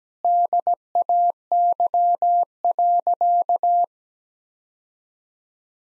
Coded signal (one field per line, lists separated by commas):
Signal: Morse code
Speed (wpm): 17 wpm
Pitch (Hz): 700 Hz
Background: none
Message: DAY.